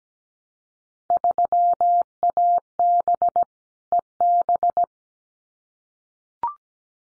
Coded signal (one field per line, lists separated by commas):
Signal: Morse code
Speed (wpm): 17 wpm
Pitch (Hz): 700 Hz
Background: none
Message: 3AB EB